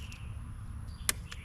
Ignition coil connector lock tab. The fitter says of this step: There it is. You hear it pop up.